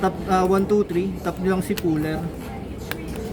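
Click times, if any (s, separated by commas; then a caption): 2.9 s. With the combination set to 123, a zipper puller is tapped into the slot of a built-in luggage combination lock, and it seats with a short, sharp click at 2.9 s. Someone talks over most of the clip before the click.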